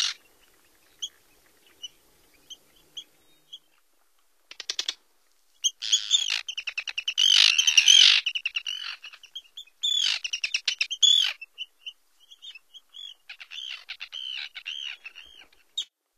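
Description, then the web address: Arctic tern calls: sparse sharp high notes at first, then bursts of harsh, grating chatter in the middle, followed by rapid repeated short shrill calls against a quiet background. "Songs of Birds of North America Stokes. Arctic Tern"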